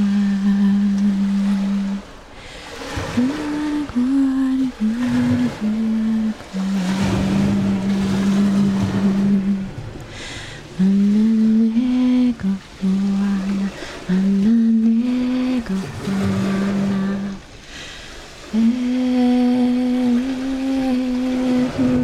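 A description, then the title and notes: On a coastline, a low droning motor, likely a boat, dominates, holding a steady pitch that now and then steps or slides higher before dropping out briefly around 2, 10 and 17 seconds. Hissing washes of surf swell and fade underneath throughout. Boronia Beach Sound Walk. A sound walk as I traverse a beautiful coastline in southern Tasmania.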